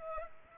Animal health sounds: mosquito wingbeat signal from an infrared sensor; Culex pipiens

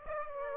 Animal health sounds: mosquito wingbeat signal from an infrared sensor; Aedes aegypti

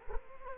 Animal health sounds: mosquito wingbeat signal from an infrared sensor; Culex quinquefasciatus

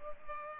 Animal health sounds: mosquito wingbeat signal from an infrared sensor; Culex pipiens

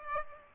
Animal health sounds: mosquito wingbeat signal from an infrared sensor; Aedes aegypti

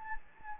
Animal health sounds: mosquito wingbeat signal from an infrared sensor; Anopheles gambiae

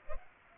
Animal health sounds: mosquito wingbeat signal from an infrared sensor; Culex pipiens

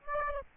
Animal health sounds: mosquito wingbeat signal from an infrared sensor; Aedes aegypti

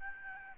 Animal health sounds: mosquito wingbeat signal from an infrared sensor; Aedes albopictus

